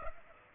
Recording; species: mosquito wingbeat signal from an infrared sensor; Aedes aegypti